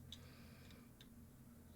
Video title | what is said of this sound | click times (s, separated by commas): Ken Plays Control (3) | these legs so that locks in place | 0.1 s